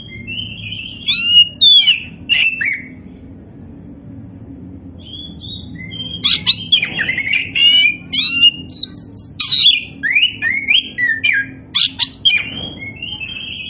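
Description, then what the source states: Oriental magpie-robin song: bursts of varied whistles, chirps and rapid buzzy notes, a quiet pause midway, then a long lively run of mixed phrases; low background hum. Oriental magpie-robin (kacer), poci form, singing vigorously (gacor).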